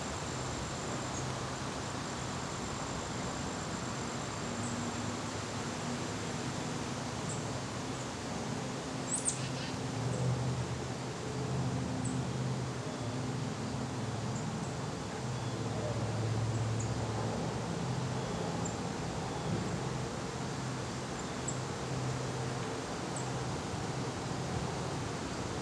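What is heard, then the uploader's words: An outdoor dusk scene in the Catskills: a steady, even wash of sound with a low, droning hum underneath, like an engine or road. Faint, thin high chirps come every second or two, and a brief sharp click lands around nine seconds. Catskills, Outdoor Dusk 3 by Bandeto.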